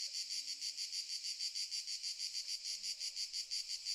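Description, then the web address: Cicada chorus: a dense, bright, high-pitched buzz that throbs in rapid regular pulses, about three per second, throughout. Cicadas stridulating very loudly in summer fields during the day, in the morning. "Sculp Tunes - Summer in the field - Crickets and Cicadas - Summer in the fields - DAY Morning - the cicadas stridulate very loudly"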